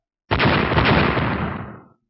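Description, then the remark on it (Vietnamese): A loud explosion bursts in abruptly and roars on as a dense, crackling rumble for over a second before fading away, with no voices. “13 tiếng nổ kinh thiên, những vụ nổ kinh khủng này có uy lực nhân lên gấp bội, từ một phân thành ngàn phần, từ ngàn phần thành trăm vạn phần, liên tục tăng lên trong nháy mắt đã đến mức không tưởng tượng nổi.”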